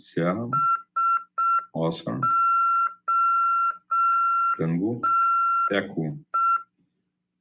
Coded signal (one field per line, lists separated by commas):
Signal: Morse code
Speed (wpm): 6 wpm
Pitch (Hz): 1360 Hz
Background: speech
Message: SOTE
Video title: RADIOAMADOR 16/9/2022 "AULA 6: CW, C. RODADA e LEGISLAÇÃO" PY2EXU PAULO SP/SP CRASP 22 ANOS.